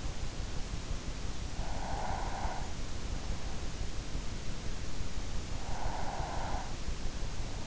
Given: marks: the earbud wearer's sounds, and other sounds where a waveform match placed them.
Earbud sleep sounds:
sounds in sleep by an in-ear microphone; breath
1.51-2.94 s: breath
5.74-6.88 s: breath

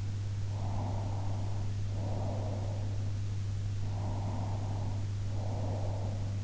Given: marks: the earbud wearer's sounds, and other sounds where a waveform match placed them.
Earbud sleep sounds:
sounds in sleep by an in-ear microphone; breath
0.68-2.85 s: breath
4.02-6.28 s: breath

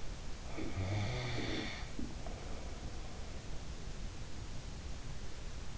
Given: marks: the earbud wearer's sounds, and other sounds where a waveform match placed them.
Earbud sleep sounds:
sounds in sleep by an in-ear microphone; snoring breath
0.44-3.52 s: snoring breath

